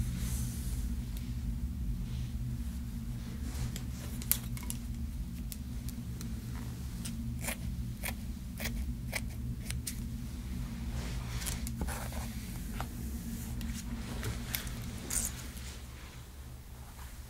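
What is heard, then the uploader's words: Hair styling with a steady low hum underneath and frequent short, crisp snips or brushing strokes scattered irregularly throughout. ASMR Gentle Hair Styling • Realistic ASMR • No Talking • Brushing, Shampoo, Blowdry, Scissors, Flat Iron.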